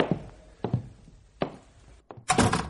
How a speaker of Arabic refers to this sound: خلاص امشي أنت يا إبراهيم، اقفل الباب،